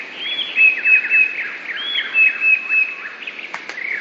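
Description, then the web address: Eurasian blue tit song: a high slurred note followed by three thin, even whistles, the phrase given twice, with softer chirps and two faint clicks near the end. "wroblowe teka 2 spiew. modraszkoteka"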